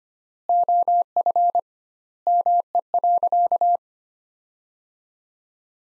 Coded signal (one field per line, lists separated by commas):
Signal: Morse code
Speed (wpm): 25 wpm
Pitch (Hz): 700 Hz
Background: none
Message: OF ME.